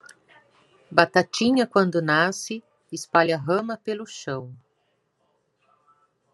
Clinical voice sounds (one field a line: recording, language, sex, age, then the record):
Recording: short text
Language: Brazilian Portuguese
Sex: female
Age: 40 to 49 years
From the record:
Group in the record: control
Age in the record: 49 years